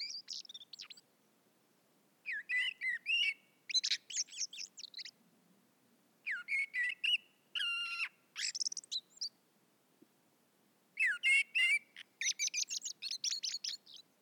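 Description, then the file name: Common blackbird calling in several bursts of rapid, scratchy chatter and thin high whistles, with short quiet spells between them. "Turdus merula"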